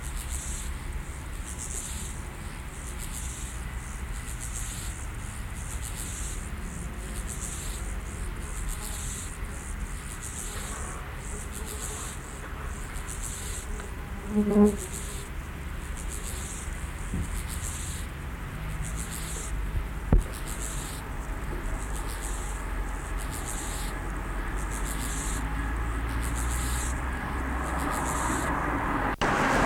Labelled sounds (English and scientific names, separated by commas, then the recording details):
Steppe Grasshopper (Chorthippus dorsatus) stridulation
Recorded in the wild
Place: Blankenfelde, Tegeler Fließ, Berlin, DE
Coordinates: 52.625, 13.404
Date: 1992-08-29 11:48
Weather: heiter (schwül), 23-28°C
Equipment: Marantz CP 430, Sennheiser ME 80, Kopie Tesla B 116
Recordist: Tembrock, Günter